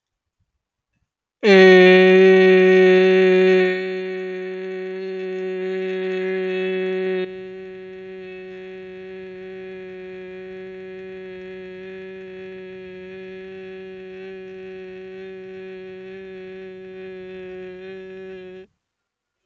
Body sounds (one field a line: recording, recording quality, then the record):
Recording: sustained vowel as in made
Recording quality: excellent, no background noise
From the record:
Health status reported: healthy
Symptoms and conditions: none ticked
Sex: male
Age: 25 years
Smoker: not ticked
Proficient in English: yes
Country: India